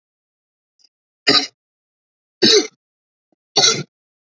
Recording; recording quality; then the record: heavy voluntary cough; excellent, no background noise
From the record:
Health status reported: healthy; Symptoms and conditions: hypertension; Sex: male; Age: 34 years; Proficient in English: yes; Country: India